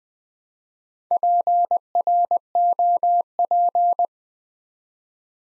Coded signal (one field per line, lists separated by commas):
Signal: Morse code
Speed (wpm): 21 wpm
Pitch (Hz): 700 Hz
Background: none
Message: PROP